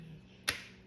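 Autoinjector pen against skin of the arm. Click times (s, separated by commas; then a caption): 0.5 s. An autoinjector pen for a Mounjaro (same as Zepbound) injection, held against the skin on the back of the arm, gives its second click at 0.5 s: a sharp, bright snap over a faint low hum, with a short fading tail. The second click means the dose has been delivered.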